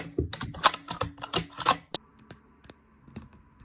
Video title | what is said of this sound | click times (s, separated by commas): Horological Full Quarterly Roundup — Q1 2026 January — March | Two incredibly satisfying clicks. | 0.3 s, 3.2 s